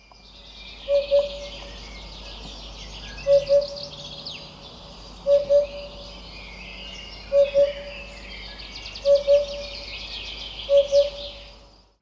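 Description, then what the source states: Eurasian hoopoe repeating low hollow paired hoots, six doublets roughly every two seconds, under a steady wash of high chirping. Low hoop hoop hoop call, a loud oop in sets of three, after which the bird is named.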